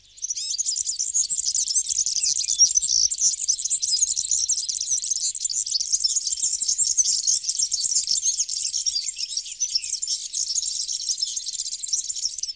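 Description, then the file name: European serin giving a continuous high-pitched, fizzy, jingling twitter that runs without a break for about twelve seconds. "kosmos 93 girlitz"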